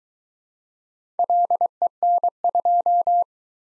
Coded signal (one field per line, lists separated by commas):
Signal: Morse code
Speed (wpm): 22 wpm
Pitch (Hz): 700 Hz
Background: none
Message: LEN2